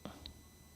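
A pistol trigger body, fitted with its trigger bar and a card-stock shim, is squeezed in a smooth-jaw vise to press the trigger bar pin through. Two faint, short ticks come at about 0.1 s and 0.3 s over a quiet background. No pop comes: the pin only starts to move, and nothing has seated or clicked yet.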